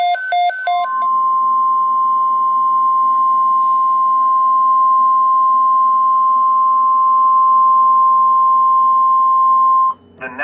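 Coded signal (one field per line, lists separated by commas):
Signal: Emergency Alert System (SAME) tones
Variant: 1050 Hz attention tone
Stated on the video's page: Fictional EAS scenario.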